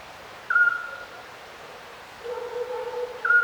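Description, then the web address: Little owl giving two brief high whistled calls, separated by a lower wavering tonal sound and a constant soft hiss. Little owl calling at night by a river, recorded distant. "Ivo Vicic - Natural ambiences vol 1. Little owl river night distant"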